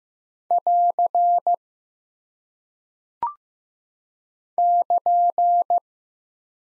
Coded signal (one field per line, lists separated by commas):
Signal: Morse code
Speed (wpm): 15 wpm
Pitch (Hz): 700 Hz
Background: none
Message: <AR> <KN>